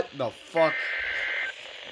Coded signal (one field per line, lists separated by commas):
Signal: Emergency Alert System (SAME) tones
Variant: header bursts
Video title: Memphis issues an SVR while issuing an SVR for East Mississippi #EAS #EASFail